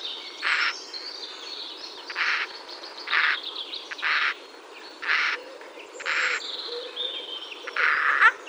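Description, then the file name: Eurasian jay calling with short, hoarse, scratchy screeches, seven calls at slightly uneven intervals over a constant background hiss. "Garrulus glandarius"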